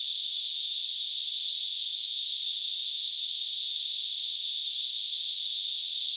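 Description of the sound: Simulated tinnitus sound: a steady, unbroken high-pitched hiss concentrated in a narrow band around 3 to 4 kHz, with nothing in the low frequencies, holding the same level throughout.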